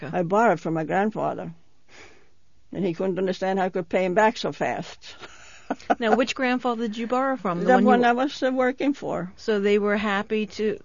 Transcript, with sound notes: I borrowed from my grandfather. And he couldn't understand how I could pay him back so fast. (she laughs)
Now which grandfather did you borrow from?
The one I was working for.
So they were happy to...